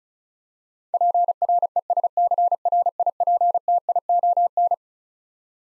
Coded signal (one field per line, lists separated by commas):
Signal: Morse code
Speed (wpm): 34 wpm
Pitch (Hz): 700 Hz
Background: none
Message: PRESCRIPTION